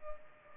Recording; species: mosquito wingbeat signal from an infrared sensor; Culex pipiens